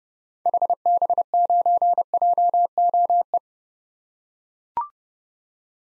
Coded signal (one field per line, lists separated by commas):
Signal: Morse code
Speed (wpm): 30 wpm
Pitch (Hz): 700 Hz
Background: none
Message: HB9JOE